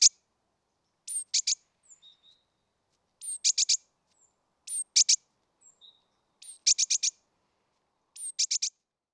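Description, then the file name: Great tit calling, each phrase a high falling whistle then quick harsh ticking notes, repeated several times with faint soft chips between. "Parus major"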